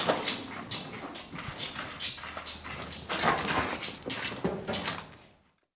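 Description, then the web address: Cattle: calves suckling with rapid, noisy slurps and smacking gulps, one after another, before the sound stops near the end. "The BBC Sound Effects Library. Livestock. Calves Suckling"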